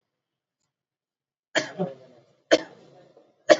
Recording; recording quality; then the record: heavy voluntary cough; excellent, no background noise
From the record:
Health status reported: exposed to COVID-19, no respiratory illness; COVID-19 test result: not tested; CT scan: not taken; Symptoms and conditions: none ticked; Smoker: no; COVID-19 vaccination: both doses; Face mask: worn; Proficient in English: yes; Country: India